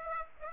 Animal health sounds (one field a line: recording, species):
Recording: mosquito wingbeat signal from an infrared sensor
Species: Aedes aegypti